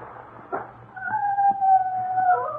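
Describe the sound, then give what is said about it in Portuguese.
A mortally wounded dog at the roadside, shot with a pistol, lets out a long, wavering, pained howl that holds a steady mid-pitched tone for over a second, following a brief thud, with a low hum underneath. “Levou a mão à cinta e, empunhando a sua garrucha, estendeu o pobre cão mortalmente ferido à beira do caminho.”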